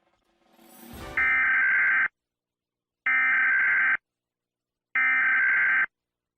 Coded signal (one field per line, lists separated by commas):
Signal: Emergency Alert System (SAME) tones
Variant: header bursts